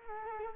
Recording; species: mosquito wingbeat signal from an infrared sensor; Culex quinquefasciatus